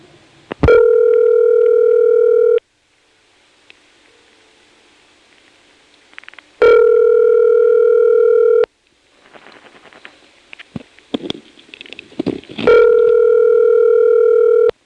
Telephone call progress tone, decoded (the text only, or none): ringback tone